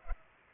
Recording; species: mosquito wingbeat signal from an infrared sensor; Culex pipiens